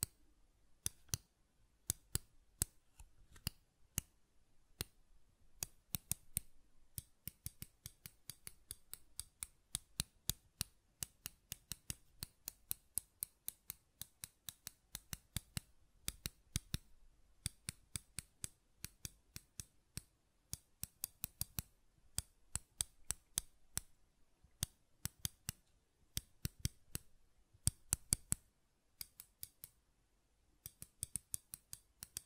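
Button clicking and tapping, a long run of sharp, dry clicks with short silences between. The clicks come irregularly, sometimes in quick bursts of several, sometimes spaced out, and each one is crisp and bright. A faint low hum sits underneath.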